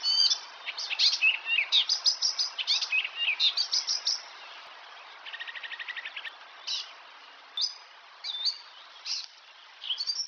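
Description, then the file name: Icterine warbler song: a quick medley of sharp, varied notes, then a short nasal buzzy rattle, followed by separate squeaky and whistled phrases. "Härmsångare - Hippolais icterina"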